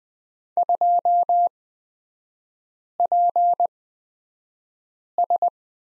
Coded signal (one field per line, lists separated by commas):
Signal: Morse code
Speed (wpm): 20 wpm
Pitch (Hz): 700 Hz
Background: none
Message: 2PS